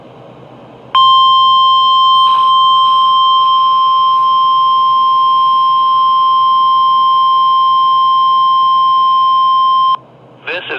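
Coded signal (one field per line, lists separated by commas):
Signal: Emergency Alert System (SAME) tones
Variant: 1050 Hz attention tone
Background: speech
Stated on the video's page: Weekly National Weather Service and EAS test, held Tuesday evenings and Wednesday late mornings.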